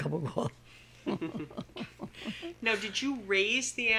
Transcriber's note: she laughs